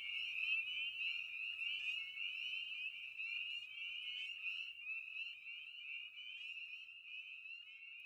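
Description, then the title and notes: Spring peeper chorus of rapid high rising peeps overlapping continuously, gradually fading toward the end. Evening at a frog pond. "Episode 5: Night of the Peepers. frog pond. Spring Peeper (Pseudacris crucifer). Ian Carlsen"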